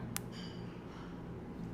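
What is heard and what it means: A plastic model kit part is pushed home into its mating part and gives a tiny but satisfying snap at 0.2 s, a sharp broadband click above a steady low hum. Faint tonal ringing follows, and the part is seated.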